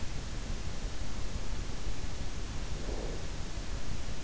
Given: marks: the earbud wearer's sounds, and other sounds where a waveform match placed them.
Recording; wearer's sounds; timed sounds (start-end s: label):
sounds in sleep by an in-ear microphone; breath
2.51-3.62 s: breath